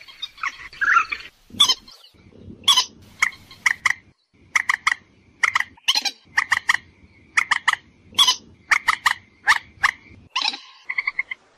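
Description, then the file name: Purple swamphen: grating screeches mixed with rhythmic runs of short nasal clucks, repeated throughout over a low rumbling background. "Tieng trich re keu cuc chuan"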